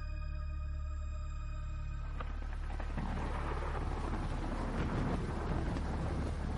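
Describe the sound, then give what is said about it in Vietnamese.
A steady low hum gives way to a sudden crack of dry thunder in the sky, followed by a loud, crackling rumble that rolls on unbroken until the end. “Trời nổ sấm khan, chị Xuyến đang kể chuyện bỗng giật mình.”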